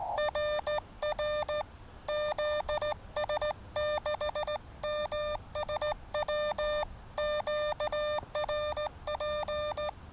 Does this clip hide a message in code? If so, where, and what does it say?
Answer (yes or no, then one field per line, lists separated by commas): yes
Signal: Morse code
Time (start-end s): 0.2-9.9 s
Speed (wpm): 16 wpm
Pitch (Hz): 600 Hz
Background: none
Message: RR ZS6MSW QRP